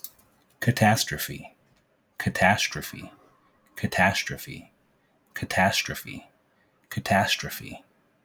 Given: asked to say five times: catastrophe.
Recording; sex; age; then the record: repeated word; male; 30 to 39 years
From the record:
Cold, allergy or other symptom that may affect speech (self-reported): no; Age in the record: 33 years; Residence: North Carolina, United States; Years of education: 15